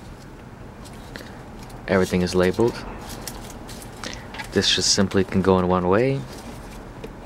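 Someone talks while handling the plastic power-harness plug of a BOSS BVB9364RC car radio at its mating harness connector, a plug that only fits one way. Faint handling taps and rustles sit under the voice. Nothing has seated or clicked yet.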